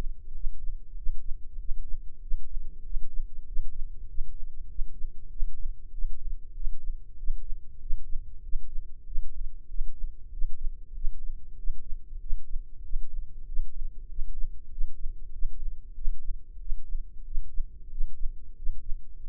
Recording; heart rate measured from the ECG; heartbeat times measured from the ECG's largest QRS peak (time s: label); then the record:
heart sounds by microphone in the right ear; 95 bpm
0.32 s: heartbeat
0.94 s: heartbeat
1.57 s: heartbeat
2.19 s: heartbeat
2.82 s: heartbeat
3.44 s: heartbeat
4.06 s: heartbeat
4.67 s: heartbeat
5.28 s: heartbeat
5.90 s: heartbeat
6.52 s: heartbeat
7.15 s: heartbeat
7.78 s: heartbeat
8.41 s: heartbeat
9.03 s: heartbeat
9.66 s: heartbeat
10.29 s: heartbeat
10.92 s: heartbeat
11.55 s: heartbeat
12.18 s: heartbeat
12.81 s: heartbeat
13.44 s: heartbeat
14.06 s: heartbeat
14.68 s: heartbeat
15.30 s: heartbeat
15.93 s: heartbeat
16.57 s: heartbeat
17.23 s: heartbeat
17.88 s: heartbeat
18.54 s: heartbeat
19.21 s: heartbeat
From the record:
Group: healthy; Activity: rest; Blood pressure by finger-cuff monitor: 90/61 mmHg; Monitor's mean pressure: 71 mmHg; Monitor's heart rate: 95 bpm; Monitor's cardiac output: 7.7 L/min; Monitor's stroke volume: 80 mL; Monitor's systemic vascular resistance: 660 dyn s/cm5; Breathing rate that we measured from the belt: 17 breaths a minute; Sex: male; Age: 19 years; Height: 178 cm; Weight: 83 kg